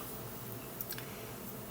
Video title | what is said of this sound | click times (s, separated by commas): LEGO City 2024 Jungle Explorer Helicopter At Base Camp 60437 Build Part 1 | looks like it just snaps right in there that's easy not bad | 0.8 s